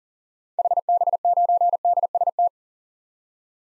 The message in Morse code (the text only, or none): HB9DST